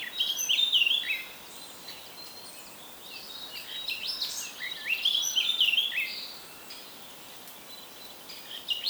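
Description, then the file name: Eurasian blackcap song: a short bright warble, a quieter stretch, then another lively run of jumbled high notes. "Sylvia atricapilla"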